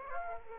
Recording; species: mosquito wingbeat signal from an infrared sensor; Aedes aegypti